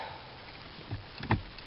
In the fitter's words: back on until you don't hear anymore clicking yep